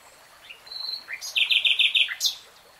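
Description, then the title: Nightingale song: a thin whistle, then a fast string of loud pulsed chirps ending with a sharp high note. "[Tiếng chim hót] Nightingale Singing"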